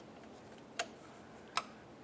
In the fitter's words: Press it in, listen for a click.